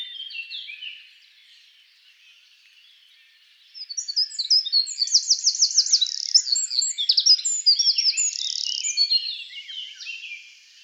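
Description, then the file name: Eurasian wren song: a brief soft twitter, a pause, then an energetic run of high chattering notes and trills lasting about seven seconds. "Troglodytes troglodytes"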